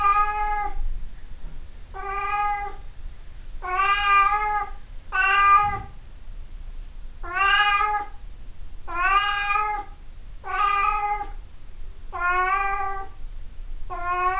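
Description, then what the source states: Cat meowing insistently, nine even meows in steady succession, with a faint low rumble behind. 26 April 2008.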